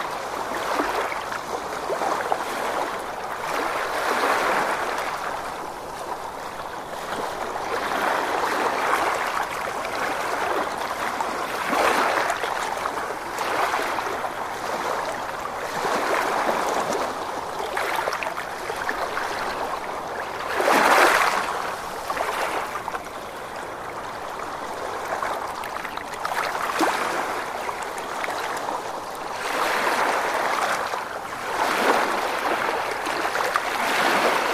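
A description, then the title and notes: Calm ocean waves wash in a steady, dense rush centered in the middle range, swelling and easing every few seconds. One slightly stronger, brighter surge comes near the twenty-second mark. No other sounds stand out. Uninterrupted 90 minutes of relaxing and gentle ocean waves. A mix of natural and calming shushing sounds. Calm Ocean Waves.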